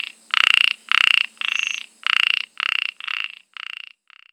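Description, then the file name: Ornate narrow-mouthed frog calling: a series of short raspy, pulsed notes in quick succession, roughly two per second, with a faint low steady hum beneath. "Microhyla ornata"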